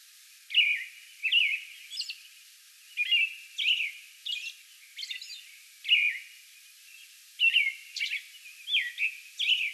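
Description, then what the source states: American robin delivering liquid, slurred whistled phrases, with occasional fainter high squeaky notes between them. Song bout recorded May 11.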